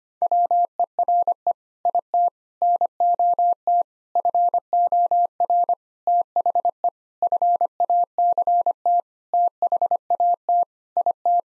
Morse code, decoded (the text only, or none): WERE IT NOT FOR THE FACT THAT IT